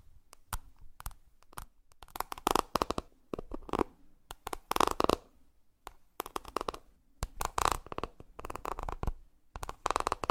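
Makeup triggers made of crisp tapping, crackling and scratchy rustles, much like cards being shuffled. The sounds come in dense bursts with short quiet gaps, clustering around two to three seconds, near five seconds and again from six to ten seconds.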